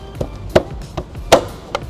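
A passenger-side tail light housing on a 2004 Toyota Sienna is slid into place with its tabs lined up, then pushed in two places into the vehicle body clips. Light taps are heard, and two sharp pops at 0.6 s and 1.3 s stand out. The housing is seated in its clips.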